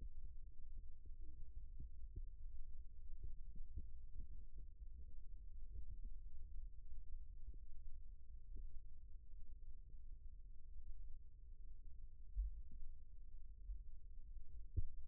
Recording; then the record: forearm muscle sounds (acoustic myography)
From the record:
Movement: rest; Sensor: system 1, eight BSWA MPA416 microphones around the upper forearm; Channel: 6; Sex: male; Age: 21 years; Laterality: right